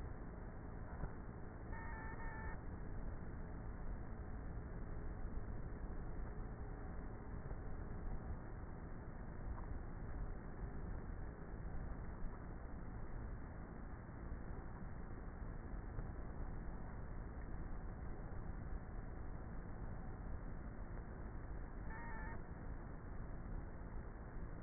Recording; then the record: honeybee colony, microphone inside the hive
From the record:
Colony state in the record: queenless with a low population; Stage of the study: before two queens were removed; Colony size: about 30,000 bees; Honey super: no